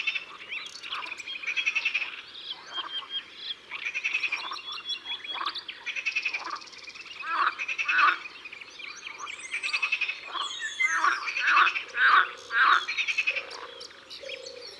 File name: Grenouilles rieuses Concerts Naturels de la Drome Studio les Trois Becs